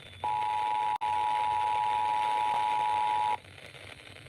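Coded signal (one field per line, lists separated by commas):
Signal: Emergency Alert System (SAME) tones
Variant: 853 and 960 Hz attention tone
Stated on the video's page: Tornado Warning received on three stations: 102.7 FM, 640 AM and 950 AM.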